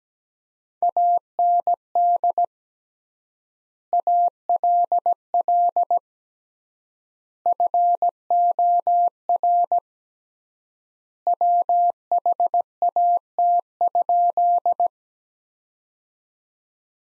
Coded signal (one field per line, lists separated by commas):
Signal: Morse code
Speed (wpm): 17 wpm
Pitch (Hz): 700 Hz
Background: none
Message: AND ALL FOR WHAT?